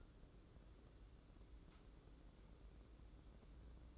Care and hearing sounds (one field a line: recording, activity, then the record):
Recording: daily activity, microphone in the room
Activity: take from stove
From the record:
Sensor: 3